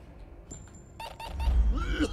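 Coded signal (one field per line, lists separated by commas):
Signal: none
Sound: game sound effects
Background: speech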